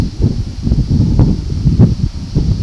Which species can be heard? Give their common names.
none